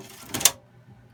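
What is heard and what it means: A plastic part with clips is pressed into the holes of a PowerEdge SC1430 server chassis during an upgrade. A softer click at 0.4 s is followed by a sharp, loud snap at 0.5 s, then quiet. The part snaps into the chassis holes and is seated.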